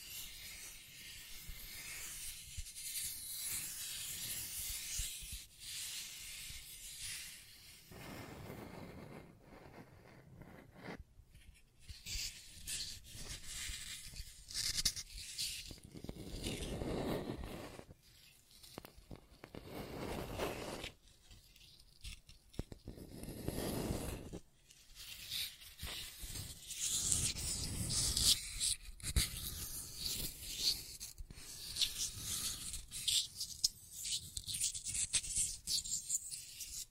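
Scratching and tracing sounds run in uneven strokes, rough and hissy. Some passes stay bright and thin, and others turn fuller and lower, with brief pauses between. Quiet stretches around 10 and 22 seconds break up the irregular rubbing.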